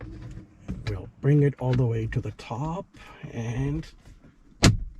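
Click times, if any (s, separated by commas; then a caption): 4.6 s. Someone talks while a dash cam body is slid all the way to the top onto its windshield mount and connector. A single sharp, loud snap at 4.6 seconds marks the unit snapping into place, seated on the mount.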